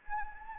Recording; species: mosquito wingbeat signal from an infrared sensor; Anopheles gambiae